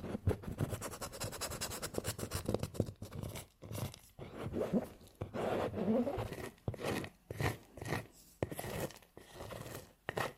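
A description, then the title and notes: Candle wax is scraped off in short, gritty strokes, quick and dense in the first three seconds, then slower and more spaced out with brief gaps between pulls. Each stroke is a dry, raspy scratch, with a few sharper squeaks around the six-second mark. TimASMR-Scraping Off Candle Wax Satisfying Scratching Sounds. (NO TALKING).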